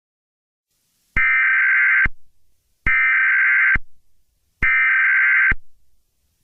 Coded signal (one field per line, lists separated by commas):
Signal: Emergency Alert System (SAME) tones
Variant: header bursts